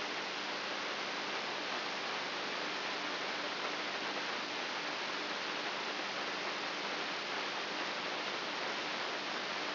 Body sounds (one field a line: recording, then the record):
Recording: brain microelectrode recording played as sound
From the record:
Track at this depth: inside the subthalamic nucleus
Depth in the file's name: 0.84 mm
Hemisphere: right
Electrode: 3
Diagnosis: Parkinson's disease